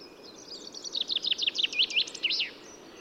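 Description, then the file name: Common chaffinch song: a quick series of notes ending in a final flourish, about one and a half seconds long. "Fringilla coelebs"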